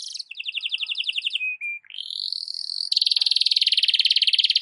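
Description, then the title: Belgian canary song: fast buzzy rolled trills, two brief pure whistled notes, a rising glide, then a long bright pulsing trill held to the end. Belgian canary morning song, used to warm up canaries and suited for tutoring other birds (masteran). "Canto Para Esquentar Canário Belga. SUARA BURUNG KENARI DI PAGI HARI COCOK BUAT MASTERAN"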